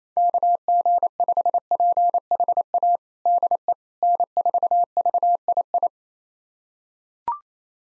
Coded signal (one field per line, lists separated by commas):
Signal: Morse code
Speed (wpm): 27 wpm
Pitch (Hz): 700 Hz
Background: none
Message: KG5PHA DE N4VII